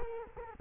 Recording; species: mosquito wingbeat signal from an infrared sensor; Culex quinquefasciatus